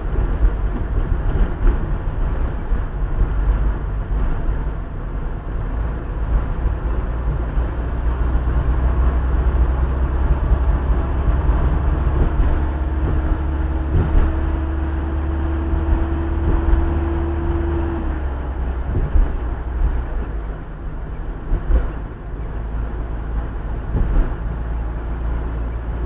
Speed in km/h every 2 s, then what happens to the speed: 29, 27, 29, 32, 35, 39, 40, 42, 44, 42, 42, 43, 45.
3-11 speeds up to 40. 11-26 steady at about 42.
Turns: none.